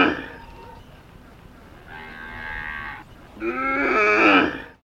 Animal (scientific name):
Bos javanicus